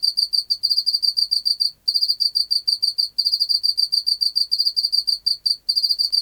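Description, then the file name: Pacific field cricket song, fast high pulses in trills of varying length separated by brief silences. "Teleogryllus oceanicus"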